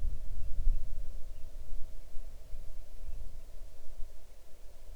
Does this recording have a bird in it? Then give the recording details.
yes. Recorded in the Arctic National Wildlife Refuge, Alaska, on 6 July 2019 at 00:30. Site 39